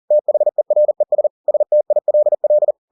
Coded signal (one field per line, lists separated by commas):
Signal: Morse code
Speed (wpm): 40 wpm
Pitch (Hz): 600 Hz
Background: none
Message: THERES STILL